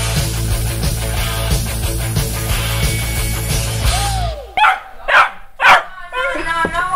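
Music plays for a few seconds, then cuts out, leaving a dog giving four sharp, separate barks with short pauses between them, loud and on its own.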